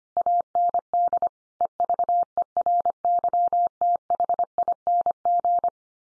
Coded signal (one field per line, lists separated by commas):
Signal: Morse code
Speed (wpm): 25 wpm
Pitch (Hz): 700 Hz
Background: none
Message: AND EVERYTHING